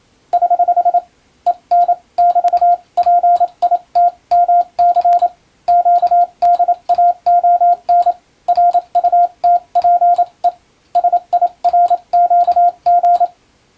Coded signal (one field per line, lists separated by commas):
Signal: Morse code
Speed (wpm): 27 wpm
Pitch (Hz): 700 Hz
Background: radio noise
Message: <HH> EN <BT> PITMC QDAON RUTPE SIRQG